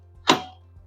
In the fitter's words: it snaps right into place.